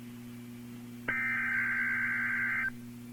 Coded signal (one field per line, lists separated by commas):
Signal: Emergency Alert System (SAME) tones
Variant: header bursts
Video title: EAS #1298 - Tornado Watch #531 11-5-2015